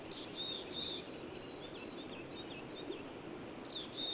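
Bird song: a stream of high whistled notes and quick slurred trills, restarting with a new phrase near the end, over background hiss.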